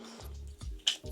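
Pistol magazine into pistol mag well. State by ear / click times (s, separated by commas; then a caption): seated / 0.9 s. A pistol magazine is pushed up through the mag well into the grip of a PSA Dagger Sabre pistol over a low, steady background tone, with a couple of faint taps as it slides in. At 0.9 s a sharp, bright click rings out as the catch engages, and the magazine is seated home in the mag well.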